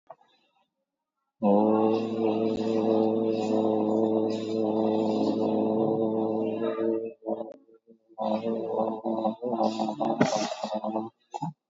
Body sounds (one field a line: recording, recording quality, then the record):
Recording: sustained vowel as in boot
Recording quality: moderate, slight background noise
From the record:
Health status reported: COVID-19 positive, mild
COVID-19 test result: positive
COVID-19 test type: RT-PCR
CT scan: taken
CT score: 10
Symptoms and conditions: cough, cold, sore throat, fatigue, loss of smell and taste, diabetes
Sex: male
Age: 39 years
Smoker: no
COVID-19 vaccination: none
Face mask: worn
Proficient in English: yes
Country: India